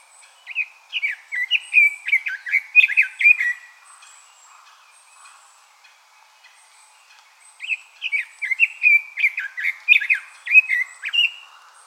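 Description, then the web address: Red-billed leiothrix song: two rapid, fluty warbling phrases of a few seconds each, bouncing up and down, separated by a pause of about four seconds. 15 May 2014. "birdenaga sousityou"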